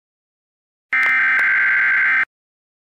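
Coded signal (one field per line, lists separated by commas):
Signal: Emergency Alert System (SAME) tones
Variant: header bursts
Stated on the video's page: Simulated Emergency Alert System message played by an Android simulator app.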